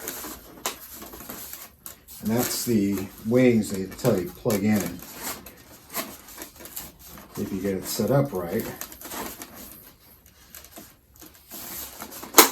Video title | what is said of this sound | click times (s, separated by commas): Garage EP 5 | There it goes. That snaps them in and they don't come out. | 12.4 s